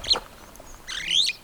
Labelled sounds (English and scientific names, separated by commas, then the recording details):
Superb Starling (Lamprotornis superbus) flight call
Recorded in Kenya